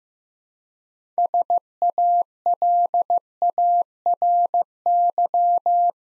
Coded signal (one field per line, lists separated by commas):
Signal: Morse code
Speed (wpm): 15 wpm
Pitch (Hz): 700 Hz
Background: none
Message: SALARY